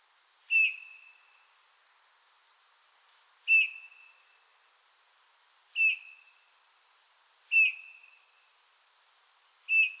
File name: Pyrrhula pyrrhula